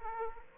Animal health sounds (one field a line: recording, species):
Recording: mosquito wingbeat signal from an infrared sensor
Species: Aedes aegypti